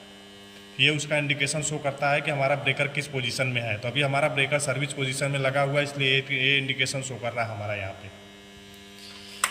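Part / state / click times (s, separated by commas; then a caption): lock knob on a draw-out air circuit breaker in its panel cradle / seated / 9.4 s. Someone talks over a steady mains hum while working the lock knob on a Schneider Electric draw-out air circuit breaker racked into service position in its cradle in a power control center panel. A sharp metallic click at 9.4 s marks the knob locking, so the breaker is locked in and will not come out.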